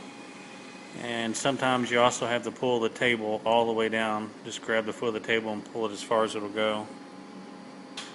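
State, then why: Seated. Someone talks over a steady background hum while the foot section of a lithotripter treatment table is pulled as far as it will go. At 8.0 s a single short click is heard as the table foot latches into its end-stop latch, confirming it is seated.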